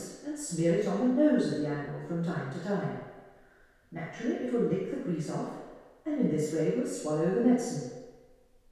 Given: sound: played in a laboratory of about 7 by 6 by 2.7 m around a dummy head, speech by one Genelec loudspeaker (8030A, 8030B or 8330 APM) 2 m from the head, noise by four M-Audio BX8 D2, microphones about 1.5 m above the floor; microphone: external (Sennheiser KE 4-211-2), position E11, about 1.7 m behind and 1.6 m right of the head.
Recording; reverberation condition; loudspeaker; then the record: female speech in English; high; 90 degrees to the right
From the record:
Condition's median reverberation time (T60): about 1300 ms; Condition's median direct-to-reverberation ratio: about -4.0 dB